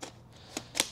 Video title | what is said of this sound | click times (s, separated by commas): SEBO Airbelt E3 Canister Vacuum Cleaner Unboxing | your wand snaps | 0.8 s